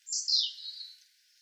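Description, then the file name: European robin giving a single high thin note that slides downward and fades over about a second. "Erithacus rubecula"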